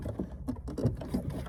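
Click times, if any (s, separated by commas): none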